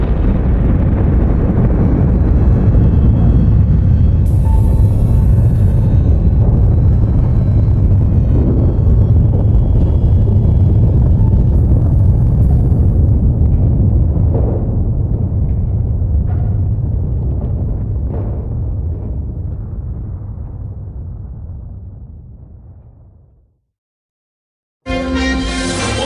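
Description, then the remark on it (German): A hydrogen explosion at a reactor building of the Fukushima nuclear power plant in Japan: a loud, deep roaring rumble that holds steady, then slowly dies away over about twenty seconds before a short silence and a sudden burst of noise. “Die Welt blickt nach Japan auf die Explosion im Atomkraftwerk Fukushima.”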